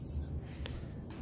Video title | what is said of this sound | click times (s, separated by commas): How to Upgrade the HP Envy 27-b200 All in PC | nice satisfying click | 0.7 s